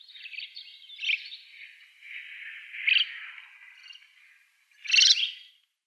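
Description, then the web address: Dusky thrush giving harsh, chattering calls, with louder bursts near one, three and five seconds over a continuous scratchy background of similar notes. "Schulze Peter Dusky Thrush"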